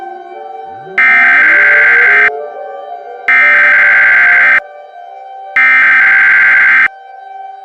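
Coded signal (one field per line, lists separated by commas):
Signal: Emergency Alert System (SAME) tones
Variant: header bursts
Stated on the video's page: Fictional EAS scenario with simulated alert tones.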